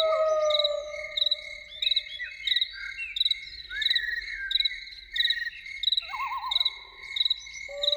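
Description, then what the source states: Loon calls: a long, steady wail, then a quavering tremolo and the start of another note, set against rhythmic cricket chirping. Evening soundscape.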